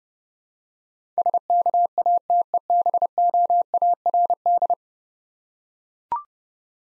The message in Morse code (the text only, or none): SKATEBOARD